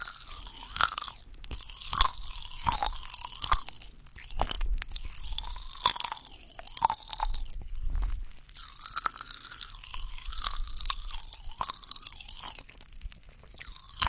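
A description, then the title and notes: Popping candy crackles in a dense, steady stream of tiny bright snaps and fizzes, with sharper louder pops every second or so. A low wavering hum runs underneath, and the crackling briefly thins around the fourth and eighth seconds. Jumping Stone Candy Party, 5D Ear Massage SPA.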